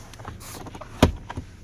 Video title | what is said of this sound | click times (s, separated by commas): 2019 VW Golf 2.0T GTI Rabbit Edition | console and armrest this armrest does lock into place so | 1.0 s